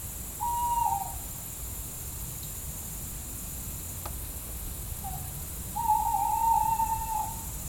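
Tawny owl hooting: a drawn-out hoo falling at the end, a pause of several seconds, then a short note leading into a long wavering, quavering hoot, over faint steady hiss.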